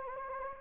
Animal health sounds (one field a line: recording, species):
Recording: mosquito wingbeat signal from an infrared sensor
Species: Anopheles gambiae